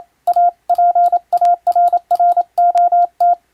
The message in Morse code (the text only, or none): A PARROT